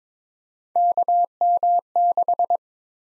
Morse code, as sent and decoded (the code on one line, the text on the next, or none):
-.- -- -....
KM6